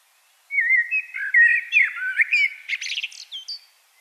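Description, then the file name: Common blackbird song: a single continuous phrase of low fluty warbling that rises into high, scratchy twittering notes near its close. "Turdus merula"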